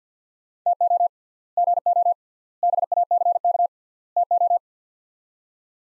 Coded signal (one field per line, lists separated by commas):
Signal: Morse code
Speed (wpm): 50 wpm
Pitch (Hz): 700 Hz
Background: none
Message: TO GO BACK TO